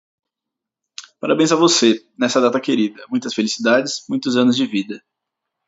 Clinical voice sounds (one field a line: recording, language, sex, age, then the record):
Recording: short text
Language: Brazilian Portuguese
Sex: male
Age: 20 to 29 years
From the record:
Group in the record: control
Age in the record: 26 years